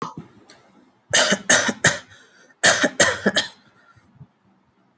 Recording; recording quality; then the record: shallow voluntary cough; moderate, slight background noise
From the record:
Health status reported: healthy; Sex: male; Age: 25 years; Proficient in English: yes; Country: India